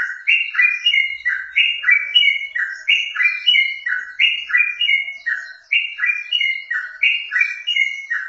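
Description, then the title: Yellow-vented bulbul singing a continuous run of liquid, gurgling notes, each short phrase sliding downward, repeated quickly and evenly throughout. Wild bird. "Trucuk Liar"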